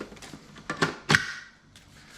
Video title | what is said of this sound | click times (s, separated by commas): Dreame Z10 Station | Voilà, on entend le petit clic, ça se remet en place. | 1.1 s